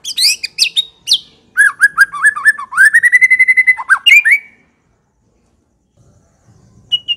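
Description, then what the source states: White-rumped shama singing loud, varied whistles: sharp high slurs, then rapid repeated mellow notes on one pitch, a final swooping phrase, then near silence. Lure recording of a fierce bird's song.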